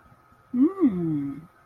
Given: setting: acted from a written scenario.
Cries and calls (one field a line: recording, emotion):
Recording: vocal sound without words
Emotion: desire